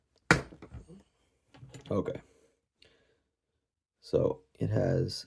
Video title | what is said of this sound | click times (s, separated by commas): How I make an extremely accurate replica of Rose's ring from The Last Jedi | snapped back in place with those pins. | 0.3 s